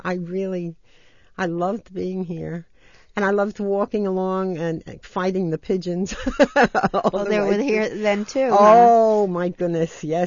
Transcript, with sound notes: I really — I loved being here! And I loved walking along and fighting the pigeons [laughs]
They were here, then, too, huh?
Oh, my goodness, yes.